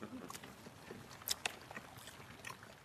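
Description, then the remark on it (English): Someone chews a tough piece of meat, with soft, irregular wet smacks and clicks over a low background hiss, two sharper snaps standing out midway. “You've been chewing that piece of meat longer than the horse was alive.”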